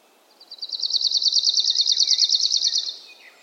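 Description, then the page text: Arctic warbler trilling: a uniform, fast, ringing series of notes sustained about two and a half seconds, accompanied by faint chirps and twitters from other birds. Rare bird; song usually heard in dense, impenetrable woodland thickets; described as an even ringing or trilling sound. "Suomen Luonto. Lapinuunilintu helskyttelee pöpelikössä. Harvinaisen lapinuunilinnun (Phylloscopus borealis) laulun voi päästä hyvällä tuurilla kuulemaan – usein läpitunkemattomassa metsäryteikössä. Se on tasainen helinä tai sirinä. Lapinuunilinnun äänitti Lauri Hallikainen. Kultasointu"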